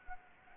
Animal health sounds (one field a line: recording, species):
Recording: mosquito wingbeat signal from an infrared sensor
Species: Anopheles gambiae